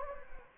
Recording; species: mosquito wingbeat signal from an infrared sensor; Anopheles gambiae